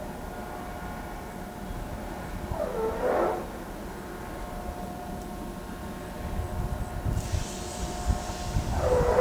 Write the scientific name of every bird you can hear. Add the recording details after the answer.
none. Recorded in pastures near Pivijay, Magdalena, Colombia, on 13 April 2023 at 17:00. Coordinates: 10.456, -74.369. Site P6-G026